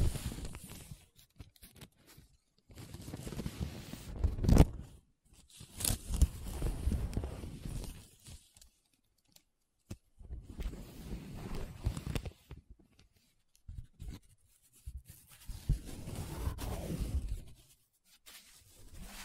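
Paper being rubbed and scratched in short bursts of roughly two to three seconds, separated by brief silences. Each pass is a dense, gritty rasp, mostly low and papery with some brighter hiss, and occasional sharper scratches stand out, near five and sixteen seconds.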